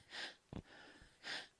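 Heavy, gasping breathing in an adult with exertional dyspnoea after climbing the stairs, heard in a bathroom, with loud breath sounds rising and falling. The patient is on day 3 of chemotherapy and uses Ventolin for the breathlessness.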